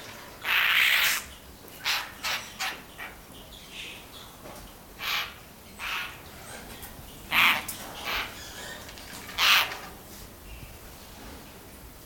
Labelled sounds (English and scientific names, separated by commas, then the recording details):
Eurasian Hoopoe (Upupa epops)
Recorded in captivity
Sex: group
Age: diverse
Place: Zoo Berlin, Berlin, DE
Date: 1997-01-26 16:52
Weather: heiter, 3°C
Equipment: Nagra SN, Kopie Uher 4000 Report Monitor
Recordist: Tembrock, Günter